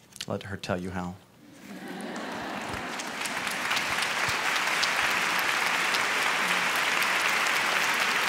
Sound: applause